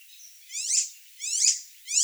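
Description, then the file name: Icterine warbler song fragment: three harsh, buzzy notes in a row. "Hippolais icterina"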